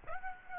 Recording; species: mosquito wingbeat signal from an infrared sensor; Aedes aegypti